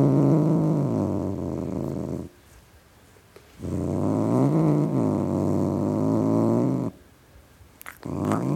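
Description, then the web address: Domestic cat giving long, low rumbling growls lasting several seconds, rising and falling in pitch, broken by two pauses. Tom cat growling. "BBC Cats Growling"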